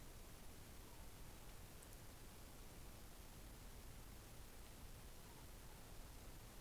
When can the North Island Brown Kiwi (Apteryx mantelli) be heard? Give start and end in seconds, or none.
none